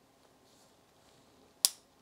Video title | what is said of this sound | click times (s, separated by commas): Sennheiser MKE 600 Shotgun Microphone (Unboxing and Setup) | there so you should hear a click so i would highly recommend | 1.6 s